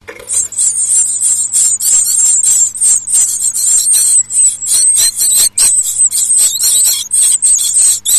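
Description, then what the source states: Birds calling nonstop, a harsh high-pitched hissing, scratchy chorus broken by short pauses, with a faint low hum underneath. In a nest box on 14 May 2006 at 18:59.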